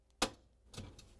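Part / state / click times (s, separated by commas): plastic wheel on dishwasher upper dish rack / seated / 0.2 s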